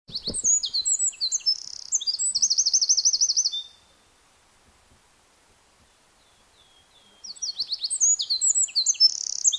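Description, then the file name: Eurasian wren song: a rapid, high-pitched burst of sharp notes and a buzzy trill lasting over three seconds, then a pause of near silence before another loud, fast phrase begins. "Troglodytes troglodytes"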